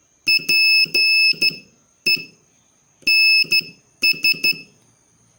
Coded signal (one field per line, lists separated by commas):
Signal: Morse code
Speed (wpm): 12 wpm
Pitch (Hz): 2600 Hz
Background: none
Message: PENS